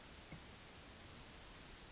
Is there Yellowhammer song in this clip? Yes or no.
no